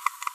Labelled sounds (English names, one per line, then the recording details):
Green-rumped Parrotlet babbling
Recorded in a nest box in Venezuela
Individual 18B25A5